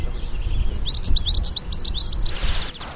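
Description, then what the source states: European goldfinch song, a quick run of high, fine twittering notes over low rumbling background noise. High, fine song from birds up in the tree foliage on a spring bird walk.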